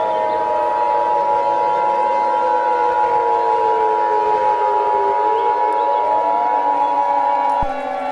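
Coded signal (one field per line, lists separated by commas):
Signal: Emergency Alert System (SAME) tones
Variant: 853 and 960 Hz attention tone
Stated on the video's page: Fictional EAS scenario, not a real alert.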